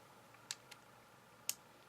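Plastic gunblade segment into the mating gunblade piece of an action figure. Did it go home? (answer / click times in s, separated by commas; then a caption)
yes / 0.5 s, 1.5 s. A plastic segment of the Hasbro Transformers Fall of Cybertron Ultra Magnus action figure's large gunblade is lined up and pressed into the mating gunblade piece. Two sharp plastic clicks land at 0.5 s and 1.5 s, with a fainter tick at 0.7 s in between. The part snaps into place and is seated.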